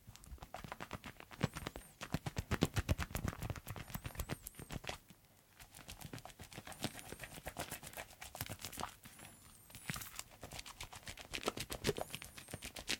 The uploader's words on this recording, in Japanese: 癒される泡の音…手をこするハンドサウンド/手洗い Hand Washing【ASMR】。